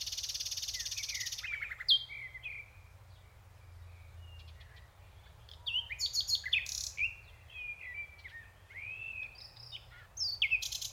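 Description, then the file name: Common nightingale singing: an opening sustained buzzy trill, a sharp note, then after a quiet stretch a rapid sequence of clicks, whistles and slurred notes. "Luscinia megarhynchos"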